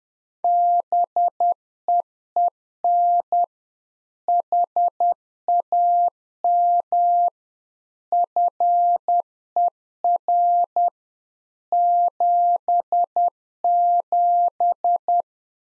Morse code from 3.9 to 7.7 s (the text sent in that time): HAM